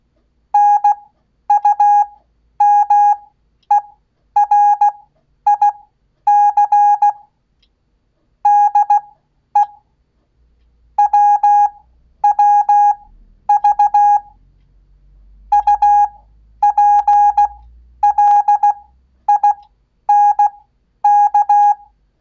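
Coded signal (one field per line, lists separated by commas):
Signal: Morse code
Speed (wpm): 16 wpm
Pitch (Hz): 820 Hz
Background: none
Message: NUMERIC DE WWV UPLINK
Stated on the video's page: Koch method practice at 15 WPM with Farnsworth spacing, generated by a Vectronics PMT 228 CW generator.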